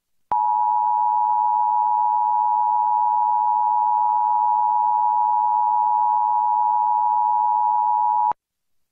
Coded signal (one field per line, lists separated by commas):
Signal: Emergency Alert System (SAME) tones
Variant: 853 and 960 Hz attention tone